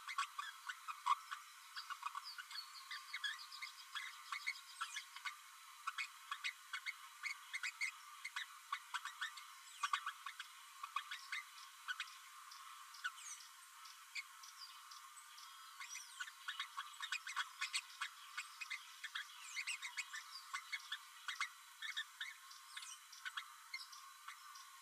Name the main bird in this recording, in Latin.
Forpus passerinus